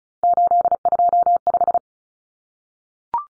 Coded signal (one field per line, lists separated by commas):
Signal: Morse code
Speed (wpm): 34 wpm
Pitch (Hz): 700 Hz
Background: none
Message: 825